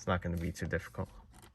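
A red carbon fiber trim cover is handled on the steering column stalk of a Tesla Model 3, fitted without adhesive. Someone talks over the clip. Nothing has seated or clicked yet; the cover is not yet home.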